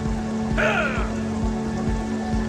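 Steady rain patters down with a dense, hissing wash, broken by soft irregular drips and a low thudding pulse, while a brief warbling, sliding tone rises over it.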